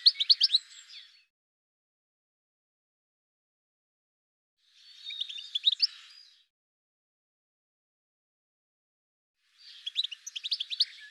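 Bird twittering in three short bursts of quick, high chirping notes, spaced about five seconds apart, with silence between them.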